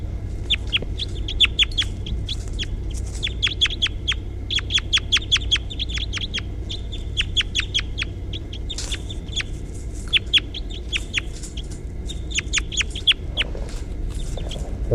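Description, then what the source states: Crossbill calls: sharp, clipped kip notes given in rapid bursts and runs throughout, over low background rumble. Recorded July 28.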